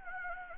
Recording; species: mosquito wingbeat signal from an infrared sensor; Anopheles gambiae